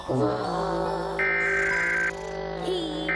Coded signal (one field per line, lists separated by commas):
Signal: Emergency Alert System (SAME) tones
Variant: header bursts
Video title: eas alarm County part 1